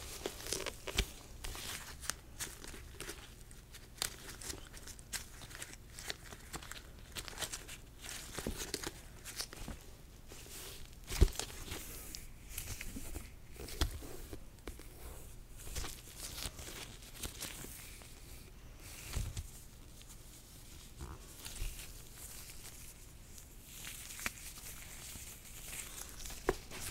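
Gloved hands handle and turn over objects, with soft rubbing, crinkling and light tapping that come in irregular bursts throughout. A sharper knock lands near eleven seconds, and a few brighter clicks follow later.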